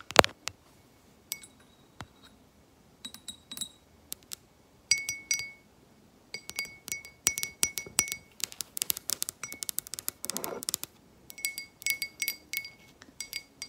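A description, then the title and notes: Fingernails tap on assorted hard objects in quick, irregular bursts, each click sharp and bright with a glassy ring. Flurries of rapid taps alternate with short pauses, and a soft low rustle appears briefly near the tenth second. Tapping on random items, screen tapping, nail tapping.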